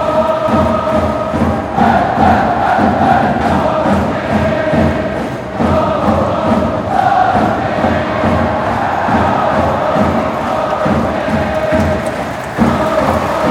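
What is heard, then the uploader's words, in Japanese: Recorded from the top rows of a football stadium's supporter section, a dense crowd chants and sings continuously, voices massed into a loud, steady roar with rhythmic pulses. Brief lulls near five and twelve seconds break the chanting before it swells again. 鹿島アントラーズvs大宮アルディージャ。県立カシマサッカースタジアム2Bゾーン鹿島サポーターよりの最上段付近。ローランドR-09。AGC：OFF、EXT MIC TYPE：STEREO、LOW CUT：ON、MIC GAIN：LOW。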